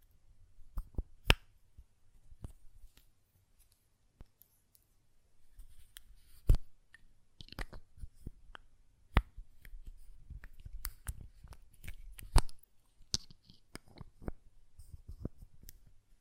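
A glass perfume bottle is tapped and handled, with sharp bright clicks scattered irregularly throughout, loudest near 1, 6.5, 9 and 12.5 seconds. Between the taps come softer rattling and scraping lid sounds over a low, quiet rumble.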